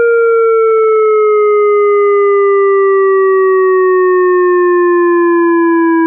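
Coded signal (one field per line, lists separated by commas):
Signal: siren signal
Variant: ASC electronic siren synth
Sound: steady buzzy siren tone slowly sliding lower in pitch, with a faint wobble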